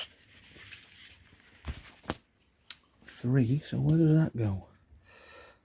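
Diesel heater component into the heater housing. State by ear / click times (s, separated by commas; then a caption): seated / 2.7 s. A component of a diesel heater is pushed gently into the heater housing during reassembly after cleaning. Faint rustling and small taps at about 1.7 and 2.1 seconds lead to a sharp, loud click at 2.7 seconds as the part seats. Someone then talks.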